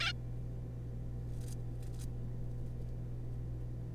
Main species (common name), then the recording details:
Zebra Finch. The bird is a juvenile. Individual R3549